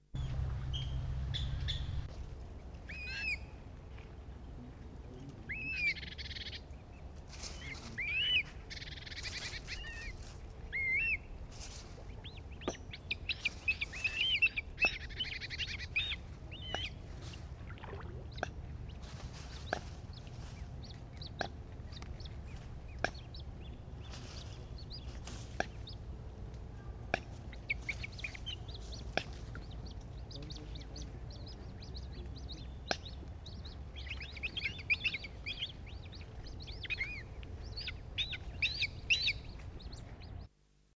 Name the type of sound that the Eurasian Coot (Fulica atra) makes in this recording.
call